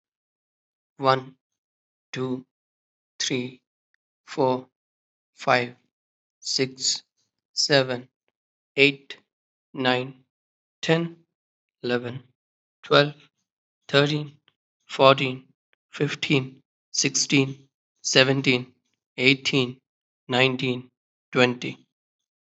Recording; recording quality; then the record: counting at a normal pace; excellent, no background noise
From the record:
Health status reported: healthy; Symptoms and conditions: none ticked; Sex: male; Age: 34 years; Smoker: not ticked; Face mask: not worn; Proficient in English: yes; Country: India